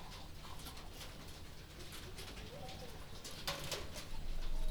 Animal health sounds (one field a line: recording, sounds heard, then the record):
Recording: poultry house recording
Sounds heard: healthy chickens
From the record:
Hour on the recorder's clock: 20